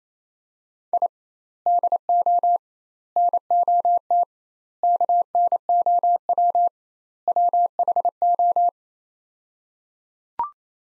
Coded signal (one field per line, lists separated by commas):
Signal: Morse code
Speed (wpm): 27 wpm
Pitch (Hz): 700 Hz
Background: none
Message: I DO NOT KNOW WHO